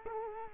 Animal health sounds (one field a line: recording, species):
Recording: mosquito wingbeat signal from an infrared sensor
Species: Culex quinquefasciatus